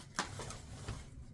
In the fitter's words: and Okay, I heard it click.